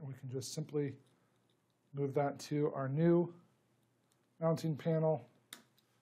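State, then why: Seated. A Redarc trailer brake controller's control knob module, taken out of its original mounting panel, is pushed into the new plastic dash mounting panel (RED68FR) while someone talks. At 5.5 s a single sharp tick is heard, and the knob is seated in the panel, still connecting to the same wiring harness.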